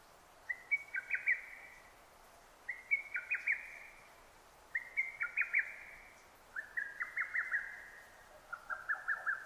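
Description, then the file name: Lesser cuckoo giving hurried staccato whistled phrases every two seconds or so, the final phrases dropping lower in pitch. Recorded 6 June 2009. "hototogisu 20090606"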